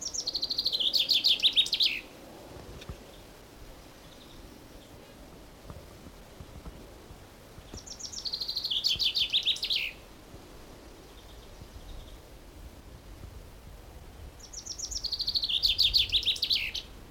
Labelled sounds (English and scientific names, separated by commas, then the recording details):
Common Chaffinch (Fringilla coelebs)
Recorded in the wild
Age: adult
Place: Blankenfelde, Berlin, DE
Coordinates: 52.625, 13.404
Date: 1992-05-01 10:02
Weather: heiter bis wolkig, böiger Wind, 16 °C
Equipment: Nagra SN, Mikrofon AKG CK 8, Kopie Tesla B 116
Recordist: Tembrock, Günter